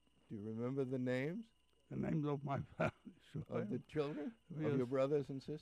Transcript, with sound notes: Do you remember the names?
The names of my family. (he laughs) Sure.
Of the children? Of your brothers and sisters?